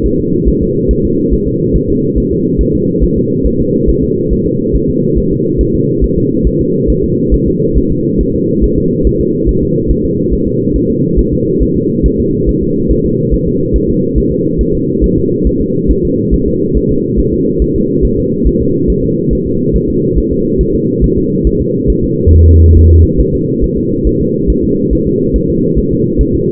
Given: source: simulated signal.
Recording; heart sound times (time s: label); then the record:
fetal heart sounds
0.06 s: S1
0.20 s: S2
0.48 s: S1
0.63 s: S2
0.91 s: S1
1.05 s: S2
1.33 s: S1
1.48 s: S2
1.76 s: S1
1.90 s: S2
2.18 s: S1
2.32 s: S2
2.61 s: S1
2.75 s: S2
3.03 s: S1
3.18 s: S2
3.47 s: S1
3.61 s: S2
3.90 s: S1
4.04 s: S2
4.33 s: S1
4.47 s: S2
4.76 s: S1
4.90 s: S2
5.18 s: S1
5.32 s: S2
5.61 s: S1
5.75 s: S2
6.04 s: S1
6.18 s: S2
6.47 s: S1
6.61 s: S2
6.90 s: S1
7.04 s: S2
7.34 s: S1
7.48 s: S2
7.78 s: S1
7.92 s: S2
8.21 s: S1
8.35 s: S2
8.64 s: S1
8.78 s: S2
9.07 s: S1
9.21 s: S2
9.49 s: S1
9.63 s: S2
9.91 s: S1
10.05 s: S2
10.33 s: S1
10.48 s: S2
10.76 s: S1
10.90 s: S2
11.19 s: S1
11.33 s: S2
11.63 s: S1
11.77 s: S2
12.06 s: S1
12.20 s: S2
12.49 s: S1
12.63 s: S2
12.91 s: S1
13.06 s: S2
13.34 s: S1
13.48 s: S2
13.76 s: S1
13.90 s: S2
14.18 s: S1
14.32 s: S2
14.61 s: S1
14.75 s: S2
15.04 s: S1
15.18 s: S2
15.47 s: S1
15.61 s: S2
15.91 s: S1
16.05 s: S2
16.34 s: S1
16.48 s: S2
16.77 s: S1
16.91 s: S2
17.19 s: S1
17.34 s: S2
17.62 s: S1
17.76 s: S2
18.05 s: S1
18.19 s: S2
18.47 s: S1
18.61 s: S2
18.90 s: S1
19.04 s: S2
19.33 s: S1
19.47 s: S2
19.76 s: S1
19.90 s: S2
20.18 s: S1
20.32 s: S2
20.61 s: S1
20.75 s: S2
21.04 s: S1
21.18 s: S2
21.47 s: S1
21.61 s: S2
21.90 s: S1
22.04 s: S2
22.34 s: S1
22.48 s: S2
22.77 s: S1
22.91 s: S2
23.20 s: S1
23.35 s: S2
23.64 s: S1
23.78 s: S2
24.07 s: S1
24.21 s: S2
24.50 s: S1
24.64 s: S2
24.93 s: S1
25.07 s: S2
25.36 s: S1
25.50 s: S2
25.78 s: S1
25.93 s: S2
26.21 s: S1
26.35 s: S2
From the record:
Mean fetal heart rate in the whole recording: 140 bpm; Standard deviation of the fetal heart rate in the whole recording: 2 bpm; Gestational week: 34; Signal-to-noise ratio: -11.2 dB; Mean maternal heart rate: 72 bpm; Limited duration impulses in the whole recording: present